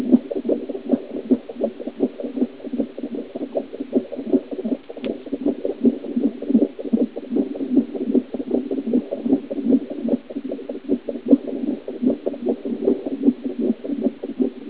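A fast, steady run of soft thumping beats, roughly 150 per minute, over a constant low hiss. It is a heartbeat with an even rhythm throughout, and no other sounds intrude.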